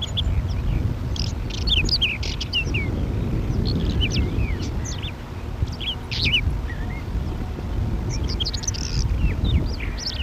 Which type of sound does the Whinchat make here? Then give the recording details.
song. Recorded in the wild. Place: Krombachtalsperre, DE. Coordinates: 50.6217, 8.12722. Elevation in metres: 530. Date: 1964-04-19. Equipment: Uher Report 4000, AKG D190. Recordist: Krey, Winfried. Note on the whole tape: Gesang